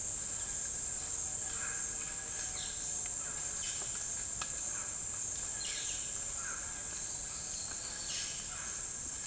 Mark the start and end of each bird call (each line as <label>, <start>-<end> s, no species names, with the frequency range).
bird call (1.8-5.6 kHz), 2.41-3.94 s
bird call (1.1-4.7 kHz), 5.41-6.59 s
bird call (0.5-6.6 kHz), 8.00-8.69 s